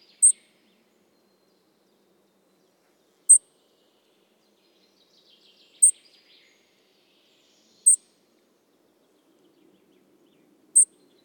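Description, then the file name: European robin repeating a thin, very high-pitched note about every two and a half seconds, five times, with a faint soft buzzy twitter in the background. "Erithacus rubecula"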